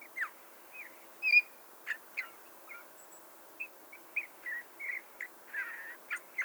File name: Pyrrhula pyrrhula